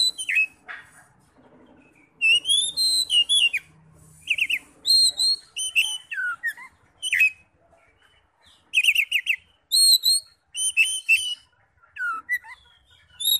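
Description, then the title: Oriental magpie-robin singing bright whistled notes and scratchy chattering phrases in uneven bursts, high clear slurs alternating with brief silences. "Kacer"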